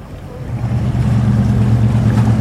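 A motorboat transporting water chugs along a canal in Venice, Italy, at sunrise, its low, steady engine drone swelling louder over the first second, then holding, with a soft wash of water hiss above it. No voices.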